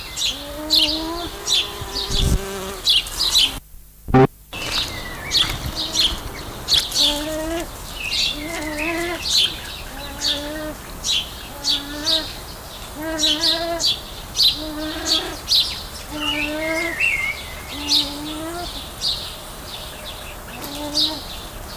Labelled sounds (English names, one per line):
Arabian Partridge call